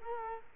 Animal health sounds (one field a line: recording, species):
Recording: mosquito wingbeat signal from an infrared sensor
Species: Culex quinquefasciatus